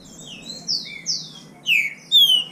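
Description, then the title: Green-winged saltator song: a few bright whistles sliding downward, then two loud, clear falling whistled notes close together near the end. Bird named Nicão singing in the bush (mato), competing in song with a free-living bird. "Trinca Ferro NICÃ O No Mato Disputando Com Solto"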